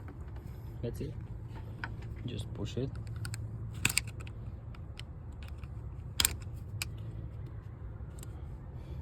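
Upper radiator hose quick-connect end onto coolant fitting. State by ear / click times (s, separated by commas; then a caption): not seated / none. The upper radiator hose quick-connect end on a BMW E46 is pushed onto its coolant fitting while someone talks, with low rumbling, scraping and a few sharp knocks from the handling. The retaining clip has not clicked or locked yet; it needs to be pushed further.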